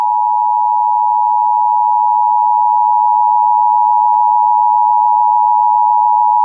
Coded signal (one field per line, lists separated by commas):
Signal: Emergency Alert System (SAME) tones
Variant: 853 and 960 Hz attention tone